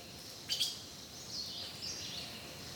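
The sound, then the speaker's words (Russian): Birds chirp and sing in high, thin calls, with a brief louder burst of twittering early on followed by softer, continuous warbling over a faint hiss. “Вокруг птицы поют, по дорожкам чудные звери прыгают.”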